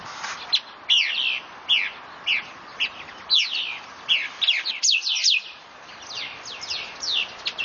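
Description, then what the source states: Bird giving repeated high, descending chirps, first spaced out and then bunching into a dense volley, above a faint constant hiss. Recorded 31 October 2013; species unidentified.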